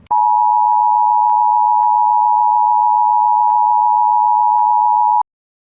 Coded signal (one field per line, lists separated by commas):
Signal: Emergency Alert System (SAME) tones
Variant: 853 and 960 Hz attention tone